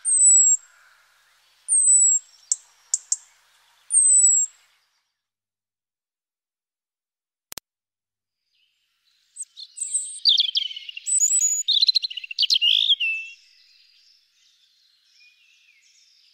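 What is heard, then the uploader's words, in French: A robin sings in bursts: thin, high whistled notes and quick descending slurs in the first four seconds, then silence broken by one sharp click near eight seconds. From about nine to thirteen seconds a denser, twittering phrase of rapid trills and warbles follows before fading out. ROUGE-GORGE.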